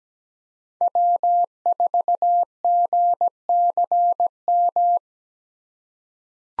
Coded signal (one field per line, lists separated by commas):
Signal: Morse code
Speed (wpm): 17 wpm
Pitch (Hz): 700 Hz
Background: none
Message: W4GCM